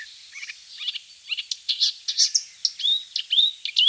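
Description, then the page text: Marsh warbler song, a fast, varied run of high chirps, buzzy notes and clear whistled slurs, several notes per second with no pauses. "Marsh Warbler Song. Quick Sounds"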